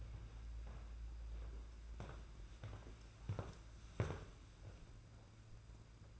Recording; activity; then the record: daily activity, microphone in the room; walk to room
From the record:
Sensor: 2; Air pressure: 991.9 hPa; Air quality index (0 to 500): 233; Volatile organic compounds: 1000 ppm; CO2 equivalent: 7828 ppm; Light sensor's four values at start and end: 18/58/22/21 and 13/40/16/14